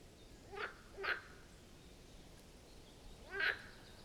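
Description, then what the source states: Marsh frog calls: two short pulsed croaks close together, then a third after a pause of about two seconds, over quiet hiss. Chorus of marsh frogs at the Birkensee, Schönbuch, Germany, on one of the first proper hot summer days of 2023.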